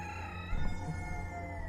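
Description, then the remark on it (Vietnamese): A rooster crows near dawn in one long, drawn-out call, its rich harmonic tone holding steady for the whole moment with no voices over it. “Trời gần sáng, gà đã gáy lên từng tiếng.”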